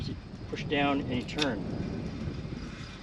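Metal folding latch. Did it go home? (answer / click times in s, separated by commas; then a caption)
no / none. Someone talks while a folding joint latch on a titanium folding bike is pushed down and turned toward its locked position, over a steady low rumble. Nothing has seated or clicked yet; the clip ends just before the latch goes home.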